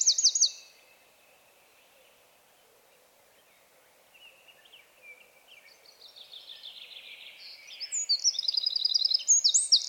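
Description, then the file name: Eurasian wren song: a brief high note burst, a silent gap, then a long phrase rising in volume with rapid high trills and sharp, ringing notes. "Troglodytes troglodytes"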